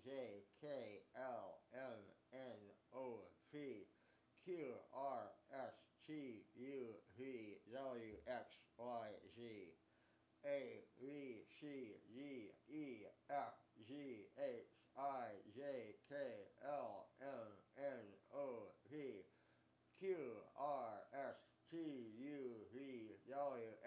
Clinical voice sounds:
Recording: letters of the alphabet, spoken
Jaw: constrained by a bite bar between the teeth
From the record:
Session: first day, right after the free take

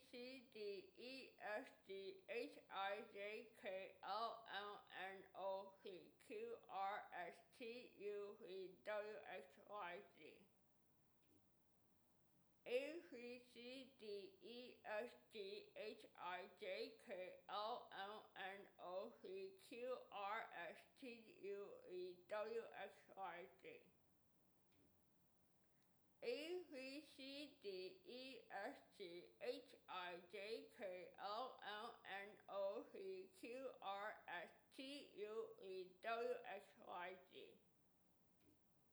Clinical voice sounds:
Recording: letters of the alphabet, spoken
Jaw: constrained by a bite bar between the teeth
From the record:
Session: first day, right after the free take

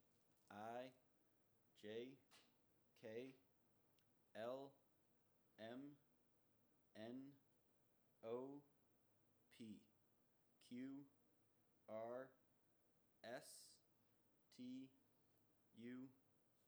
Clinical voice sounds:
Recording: letters of the alphabet, spoken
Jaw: free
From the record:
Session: first day, before the bite bar

